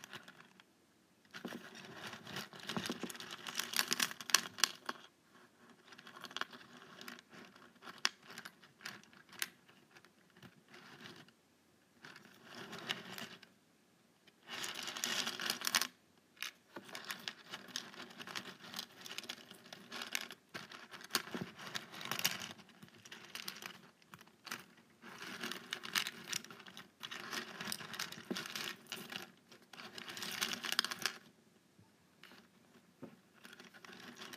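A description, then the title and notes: Paperclips rattle and clink in dense bursts of bright metallic jingling, stopping briefly every few seconds before the handling resumes. ASMR Paperclips.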